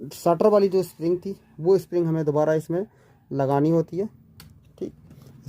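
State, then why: Seated. While refilling a laser toner cartridge, the shutter spring is refitted into the cartridge housing as someone talks. A sharp click at 4.4 s marks the spring locking into place, followed by faint handling sounds.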